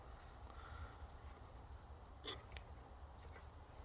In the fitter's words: to press it and hear the click.